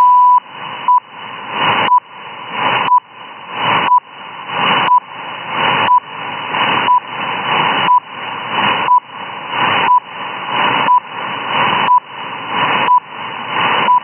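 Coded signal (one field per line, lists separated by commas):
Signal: radio time signal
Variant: RWM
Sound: a short 1 kHz beep every second, about 14 in all, with hiss swelling between beeps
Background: radio static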